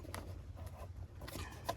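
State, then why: Not seated. A plastic air intake hose connector on a VW Tiguan is handled at the engine air filter housing while being reinstalled after an air filter change. Brief plastic taps and rustling are heard at about 0.1, 1.3 and 1.7 s over a steady low hum. The connector has not clicked or seated yet.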